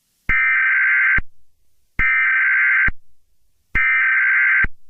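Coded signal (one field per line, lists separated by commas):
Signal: Emergency Alert System (SAME) tones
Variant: header bursts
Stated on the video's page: Simulated EAS scenario about a toxic virus.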